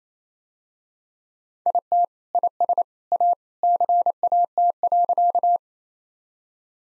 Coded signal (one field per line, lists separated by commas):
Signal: Morse code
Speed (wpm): 28 wpm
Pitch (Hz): 700 Hz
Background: none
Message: IT IS A CAT.